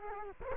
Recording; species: mosquito wingbeat signal from an infrared sensor; Culex quinquefasciatus